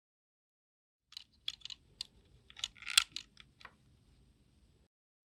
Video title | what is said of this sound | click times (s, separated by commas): Wirewerks CableMate Strain Relief - Installation | place the guide onto the back of the module over the cable it should click in place | 3.0 s